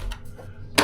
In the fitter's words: so that that slides in and pops in like that.